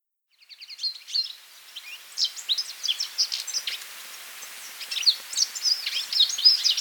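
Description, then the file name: European goldfinch song: a rapid, tinkling twitter of short, varied high notes, starting softly after half a second and growing busier and louder toward the end. "Carduelis carduelis"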